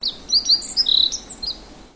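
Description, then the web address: Bird giving a quick series of high, thin chirps and short whistles, with one brief trilled note in the middle, over a quiet background. "Sound Effects-Foundation 1 BIRD 05 CALL 03"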